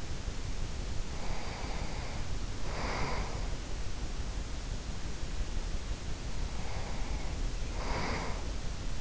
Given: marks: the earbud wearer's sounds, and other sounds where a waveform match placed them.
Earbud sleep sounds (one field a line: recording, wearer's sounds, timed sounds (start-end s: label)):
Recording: sounds in sleep by an in-ear microphone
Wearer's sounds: breath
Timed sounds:
0.80-3.60 s: breath
5.66-9.01 s: breath